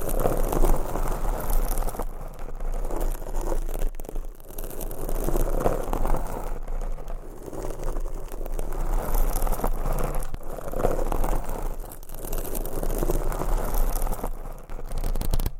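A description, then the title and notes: Fingernails scratch steadily across a fuzzy mic cover, making a dense, rough rasping that barely lets up. The scratching surges and eases in waves, with brief pauses near 2, 4, 10 and 12 seconds. Underneath runs a low rumble with faint rattly edges. ASMR with 200 MICS! Different Mic Covers & Nails Mic Scratching , Massage & More No Talking.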